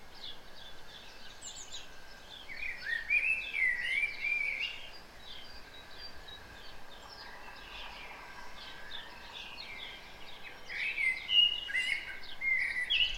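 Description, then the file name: Common blackbird delivering two bursts of fluty warbled song, early and late, with faint high chirping birds between them. "Turdus merula"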